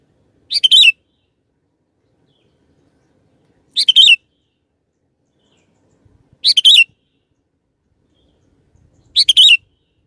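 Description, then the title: Sooty-headed bulbul song, a short bubbling phrase given four times, roughly every three seconds, otherwise quiet. "Kutilang"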